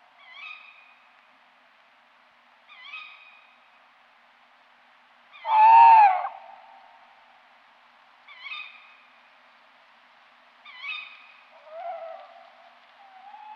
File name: chouette hulotte